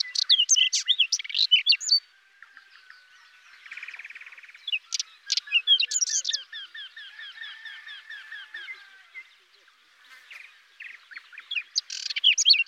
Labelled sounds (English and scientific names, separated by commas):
Whinchat (Saxicola rubetra) song